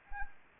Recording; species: mosquito wingbeat signal from an infrared sensor; Anopheles arabiensis